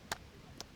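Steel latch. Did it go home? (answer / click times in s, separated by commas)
yes / 0.1 s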